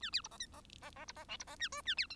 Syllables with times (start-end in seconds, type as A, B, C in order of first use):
0.01-0.10 A, 0.12-0.21 B, 0.23-0.28 C, 0.31-0.38 D, 0.39-0.46 E, 0.53-0.61 D, 0.81-0.91 D, 0.96-1.05 D, 1.07-1.12 C, 1.16-1.25 D, 1.28-1.37 F, 1.39-1.44 C, 1.47-1.56 D, 1.59-1.69 A, 1.72-1.82 G, 1.85-1.95 A, 1.97-2.07 B, 2.10-2.15 H